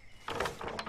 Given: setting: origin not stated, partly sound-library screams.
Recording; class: one-second piece from a danger detection set; normal situation